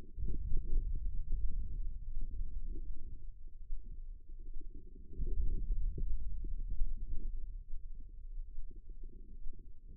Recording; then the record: forearm muscle sounds (acoustic myography)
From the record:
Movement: hand opening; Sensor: system 2, bracelet of six BSWA MPA416 microphones around the upper forearm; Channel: 4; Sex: female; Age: 25 years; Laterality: right